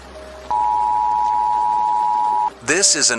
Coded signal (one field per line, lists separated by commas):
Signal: Emergency Alert System (SAME) tones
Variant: 853 and 960 Hz attention tone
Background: speech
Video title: Alien Entities Suddenly Appear | EAS Alert - Fictional Radio broadcast